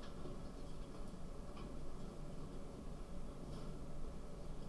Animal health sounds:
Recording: poultry house recording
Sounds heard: no chicken sound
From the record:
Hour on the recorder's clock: 0

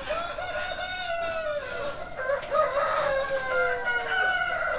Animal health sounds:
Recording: poultry house recording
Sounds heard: healthy chickens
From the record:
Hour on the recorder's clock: 3

